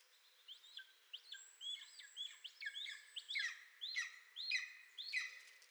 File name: Golden Eagle - Aquila chrysaetos